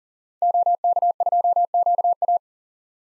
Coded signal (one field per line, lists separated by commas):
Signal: Morse code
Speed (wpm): 40 wpm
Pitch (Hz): 700 Hz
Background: none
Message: OK2QA